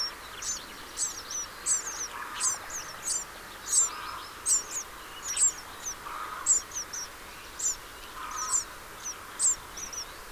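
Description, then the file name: House sparrow calling, a steady run of sharp chirps in quick succession, with softer notes and a low background hum. "Passer domesticus"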